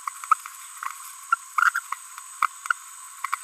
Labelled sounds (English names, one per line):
Green-rumped Parrotlet babbling